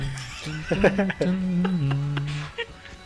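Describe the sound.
A person mimics a horse's neigh with their voice, a wavering, pitch-sliding whinny held for a few seconds before breaking off with a short snort-like burst at the end.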